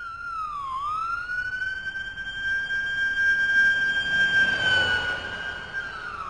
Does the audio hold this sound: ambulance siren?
yes